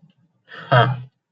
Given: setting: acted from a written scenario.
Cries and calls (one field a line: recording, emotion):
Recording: vocal sound without words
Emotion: realization